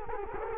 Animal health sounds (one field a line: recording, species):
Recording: mosquito wingbeat signal from an infrared sensor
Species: Culex quinquefasciatus